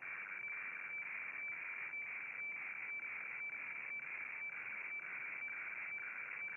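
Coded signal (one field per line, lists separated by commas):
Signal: weather fax (radiofax)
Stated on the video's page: HF weather fax received on 7880 kHz with an MLA30 antenna.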